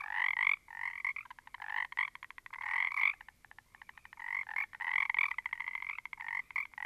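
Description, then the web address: Several frogs giving raspy, pulsed croaks in overlapping bursts, some stretches rapid and rattling, with brief pauses between bouts. A small group of frogs. "static audio olofonia Small Group of Frogs"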